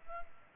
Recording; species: mosquito wingbeat signal from an infrared sensor; Culex pipiens